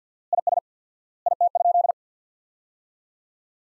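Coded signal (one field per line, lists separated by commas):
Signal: Morse code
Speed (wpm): 50 wpm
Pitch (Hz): 700 Hz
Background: none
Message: IS IT?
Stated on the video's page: Morse practice sentences from the top 500 words at 50 wpm with 4x word spacing, a word-based approach analogous to the Farnsworth method.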